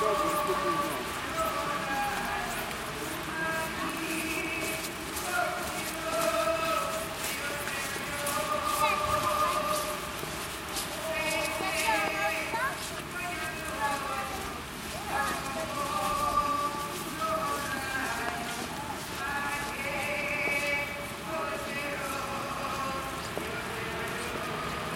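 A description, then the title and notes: A busy street in Saint-Petersburg, with a steady mix of voices and passing people talking over one another throughout. A low rumble of traffic runs underneath, and scattered clicks and brief bright sounds break through now and then without any pause in the crowd. In the streets of Saint-Petersburg. M.Sadovaya street.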